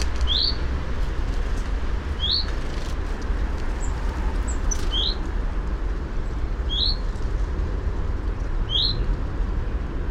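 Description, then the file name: Common chaffinch giving five brief rising chip notes spaced a few seconds apart, with steady low-pitched background roar throughout. "Fringilla coelebs"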